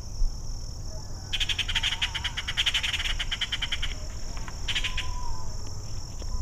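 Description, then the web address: Yucatan jay calls as a fast series of harsh, chattering notes, followed by a shorter second burst, against a constant high-pitched background tone. Belize. "belize birds birdsongs yucatanjay"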